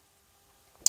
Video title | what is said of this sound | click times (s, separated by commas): Tactacam Reveal Gen X 2.0 Cellular Trail Cam #Cellular #camera #trailcam #outdoor #hunting #winter | but no it does click if you just gotta push it in and it will click in | 0.9 s